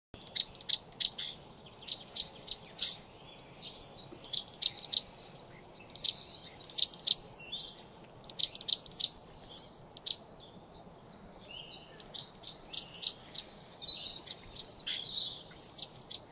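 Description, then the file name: Great tit calls, bursts of sharp high notes in quick clusters repeated throughout, with short pauses between groups and faint low background hiss. "Parus major"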